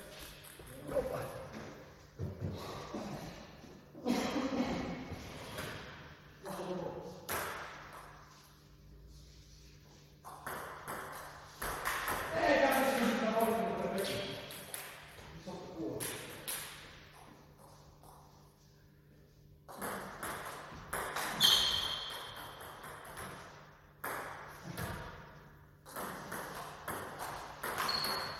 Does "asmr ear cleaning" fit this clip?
no